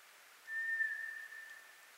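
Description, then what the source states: White's thrush sings a single sustained, even-pitched whistle lasting over a second, fading gradually at its close. Recorded 24 April 2010.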